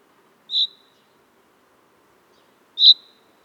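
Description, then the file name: Common chaffinch calls: two short, sharp high notes around the same pitch, about two seconds apart, against a quiet background. "Fringilla coelebs"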